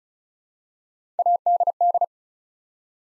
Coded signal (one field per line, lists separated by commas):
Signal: Morse code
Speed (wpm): 36 wpm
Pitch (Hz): 700 Hz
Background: none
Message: ADD